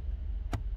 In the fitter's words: cho đến khi chúng tôi nghe thấy tiếng tách đặc trưng như vậy,